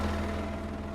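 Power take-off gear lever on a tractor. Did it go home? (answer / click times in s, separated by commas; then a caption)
no / none. The power take-off gear lever on a Massey Ferguson 364V tractor is pushed forward to engage the gear and the clutch is released, but the gear fails to engage. Only a steady low engine idle with harmonic hum is heard, and no click occurs. Nothing has seated or clicked yet.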